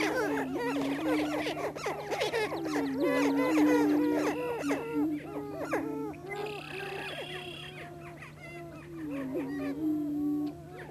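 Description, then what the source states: Greater prairie chicken chorus: low booming notes under many sharp rising-falling cackles and whoops, busiest in the first half. Missouri.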